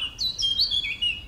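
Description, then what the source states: Eurasian blackcap song: a brief, rapid, high warbling run of twittering notes that rise and fall, with a little low background rumble. Recorded 8 April 2014.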